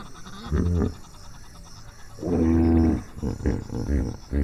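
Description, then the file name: Hippopotamus bellowing, a short deep honk, then a longer drawn-out bellow, followed by several quicker grunts. Hippopotamus vocalisations. "Hippo Vocalisation Compilation"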